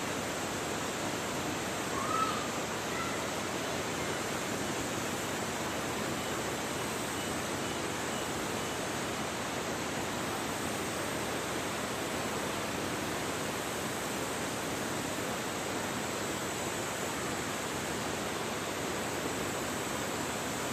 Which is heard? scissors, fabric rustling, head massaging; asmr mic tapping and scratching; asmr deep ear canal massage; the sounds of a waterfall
the sounds of a waterfall